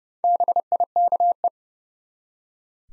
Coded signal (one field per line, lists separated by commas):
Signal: Morse code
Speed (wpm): 30 wpm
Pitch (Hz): 700 Hz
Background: none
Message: BIKE